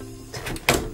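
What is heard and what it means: A graphics card is pressed down into the top PCIe slot on a motherboard, chosen so it doesn't cover the SSD at the bottom, over background music. The plastic retention latch gives a sharp click at 0.7 s, and the card is seated.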